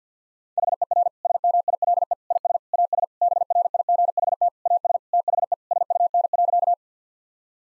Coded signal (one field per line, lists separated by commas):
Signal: Morse code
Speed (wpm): 50 wpm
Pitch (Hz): 700 Hz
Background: none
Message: HER SMILE IS AS BRIGHT AS THE SUN.